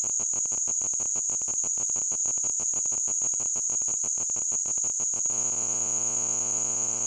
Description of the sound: Tinnitus.